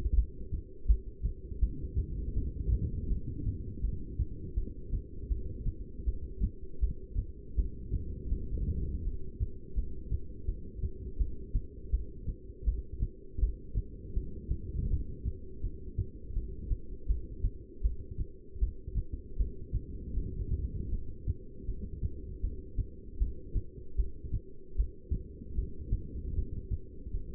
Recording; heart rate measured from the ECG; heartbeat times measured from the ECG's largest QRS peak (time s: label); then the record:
heart sounds by stethoscope; 80 bpm
0.15 s: heartbeat
0.87 s: heartbeat
1.60 s: heartbeat
2.35 s: heartbeat
3.09 s: heartbeat
3.82 s: heartbeat
4.56 s: heartbeat
5.30 s: heartbeat
6.06 s: heartbeat
6.81 s: heartbeat
7.57 s: heartbeat
8.30 s: heartbeat
9.04 s: heartbeat
9.76 s: heartbeat
10.47 s: heartbeat
11.19 s: heartbeat
11.92 s: heartbeat
12.66 s: heartbeat
13.41 s: heartbeat
14.15 s: heartbeat
14.89 s: heartbeat
15.62 s: heartbeat
16.35 s: heartbeat
17.08 s: heartbeat
17.83 s: heartbeat
18.60 s: heartbeat
19.38 s: heartbeat
20.15 s: heartbeat
20.91 s: heartbeat
21.67 s: heartbeat
22.42 s: heartbeat
23.19 s: heartbeat
23.97 s: heartbeat
24.77 s: heartbeat
25.56 s: heartbeat
26.35 s: heartbeat
27.13 s: heartbeat
From the record:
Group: heart failure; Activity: rest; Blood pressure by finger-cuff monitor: 175/111 mmHg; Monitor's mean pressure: 136 mmHg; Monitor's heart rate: 80 bpm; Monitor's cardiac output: 8.4 L/min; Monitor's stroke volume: 104 mL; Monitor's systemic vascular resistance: 1220 dyn s/cm5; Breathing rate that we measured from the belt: 10 breaths a minute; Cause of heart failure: non-ischemic cardiomyopathy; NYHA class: 1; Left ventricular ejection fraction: 62%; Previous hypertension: present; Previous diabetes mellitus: present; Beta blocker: bisoprolol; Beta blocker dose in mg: 10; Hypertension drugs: sacubitril-valsartan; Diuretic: furosemide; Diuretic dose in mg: 20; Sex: male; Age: 49 years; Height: 167 cm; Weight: 110 kg